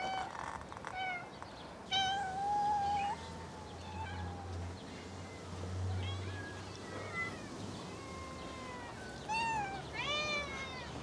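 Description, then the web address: Domestic cat meows, several drawn-out wavering calls, some rising and falling, scattered throughout over a low steady hum. Cats in a suburban garden. "BBC Sound Effects Library. Cats In A Suburban Garden"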